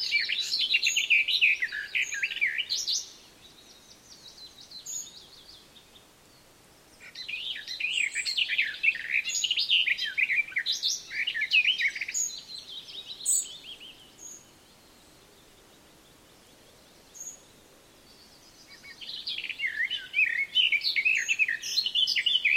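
Exuberant birdsong in a forest dawn chorus comes in bright, busy bursts, roughly 0–3, 7–14 and 19–23 seconds, with quiet pauses between.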